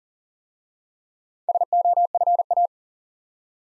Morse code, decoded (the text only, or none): SOFA